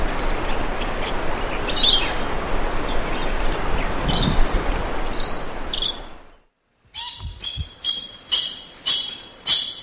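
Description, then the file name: Lorikeet loud rasping screeches, a few over noise at first, then a regular series repeated roughly every half second after a brief silence. "Лори -Лорикет -Попугай -Голоса-птиц"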